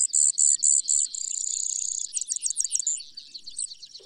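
Brewer's sparrow song, slow pulsed high notes that run into a long fast buzzy trill, then quick slurred notes, all very high-pitched.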